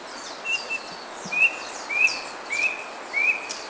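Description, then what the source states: Brush cuckoo uttering five clear, short whistled notes, most slightly rising, over a hissing background. Recorded on Kitanglad, Philippines, in 2010.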